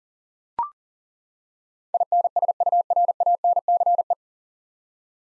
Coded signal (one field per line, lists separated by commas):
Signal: Morse code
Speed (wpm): 38 wpm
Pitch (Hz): 700 Hz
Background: none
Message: INSURANCE